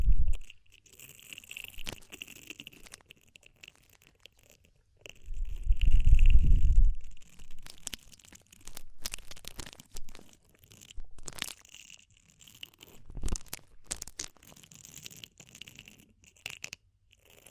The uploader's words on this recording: DEEP Ear Penetrating Cleaning (No Talking).